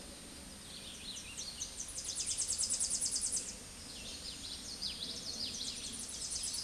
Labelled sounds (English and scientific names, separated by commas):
Tennessee Warbler (Leiothlypis peregrina) song